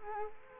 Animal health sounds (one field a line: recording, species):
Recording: mosquito wingbeat signal from an infrared sensor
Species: Culex quinquefasciatus